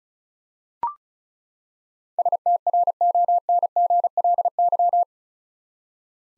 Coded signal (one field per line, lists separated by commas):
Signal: Morse code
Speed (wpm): 34 wpm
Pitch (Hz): 700 Hz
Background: none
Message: STRONGLY